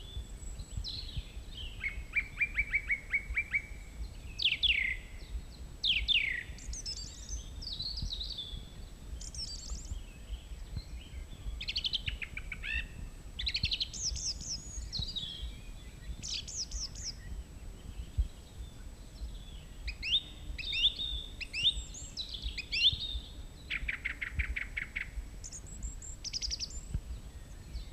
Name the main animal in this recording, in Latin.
Turdus philomelos